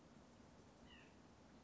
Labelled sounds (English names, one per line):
White-breasted Nuthatch